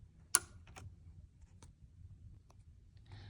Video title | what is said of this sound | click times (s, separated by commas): How to Troubleshoot Unable To Connect Errors in QCT | and you can go as far as removing and replacing it until you hear it click. | 0.3 s